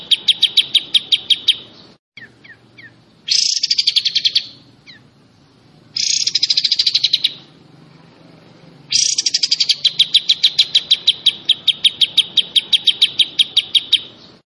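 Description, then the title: Pied Triller song of fast, high, pulsed rattles, with short bursts alternating with long, even streams of sharp repeated notes. Song in the besetan style. "Besetan Kapas Tembak. Kapas Tembak Ini Besetannya Parah Kawan"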